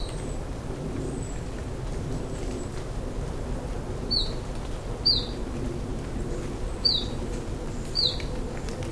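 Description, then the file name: Iberian chiffchaff, quiet start, then four brief high notes spaced one to two seconds apart over a low continuous rumble. "iberischer zilpzalp"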